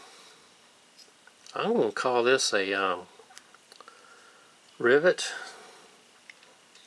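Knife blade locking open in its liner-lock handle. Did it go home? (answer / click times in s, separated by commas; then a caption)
yes / 6.3 s. Someone talks while the blade of a Sports Academy Megellan folding knife with a liner lock is swung open, with a few faint ticks around 3.4–3.9 s. At 6.3 s a short, sharp snap is heard as the blade locks open in its liner-lock handle, seated in place.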